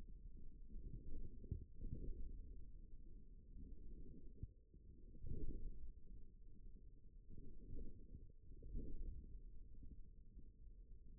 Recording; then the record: forearm muscle sounds (acoustic myography)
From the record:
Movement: forearm supination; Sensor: system 1, eight BSWA MPA416 microphones around the upper forearm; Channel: 3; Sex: male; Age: 41 years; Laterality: right